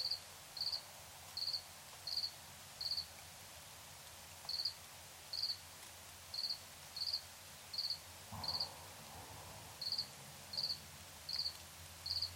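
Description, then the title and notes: Cricket song of brief high pulsed chirps repeated at a steady pace, with a few gaps. Nighttime recording in Tiny, Ontario, by Anton Pickard. "Crickets and coyotes. Recorded in Tiny, Ontario by Anton Pickard"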